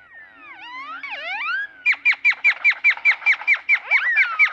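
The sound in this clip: Great-tailed grackle calls: swooping squealing whistles, then a rapid run of sharp hooked notes, ending in a falling whistle.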